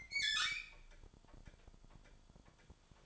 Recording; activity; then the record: daily activity, microphone in the room; open fridge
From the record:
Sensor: 5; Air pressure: 1007.9 hPa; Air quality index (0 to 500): 95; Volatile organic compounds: 1 ppm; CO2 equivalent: 743 ppm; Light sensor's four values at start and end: 42/95/40/42 and 42/97/41/43